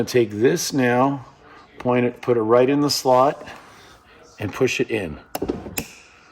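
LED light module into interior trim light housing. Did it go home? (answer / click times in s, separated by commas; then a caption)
yes / 5.8 s. Someone talks while a wireless LED light module is pointed into its slot in a car's interior trim light housing and pushed in. Small taps come at about 5.4 seconds, then a sharp click at 5.8 seconds as the module seats and locks into the trim slot.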